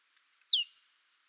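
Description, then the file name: Marsh tit giving a single sharp, very high note that drops quickly in pitch, against a quiet background. "Poecile palustris"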